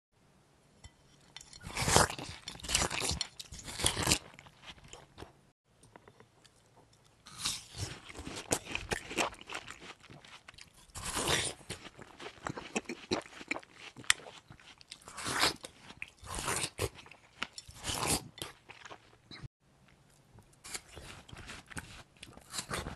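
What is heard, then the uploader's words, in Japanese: Watermelon being bitten and chewed, with wet, crisp crunching in bursts that come every second or so. Chewing clusters swell and fade, with near-silent pauses just before 6 and around 19.5 seconds, over a faint low hum. スイカのASMR、シャリシャリ編。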